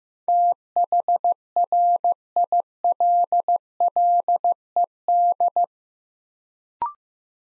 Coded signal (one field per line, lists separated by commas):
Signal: Morse code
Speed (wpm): 15 wpm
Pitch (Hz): 700 Hz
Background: none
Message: THRILLED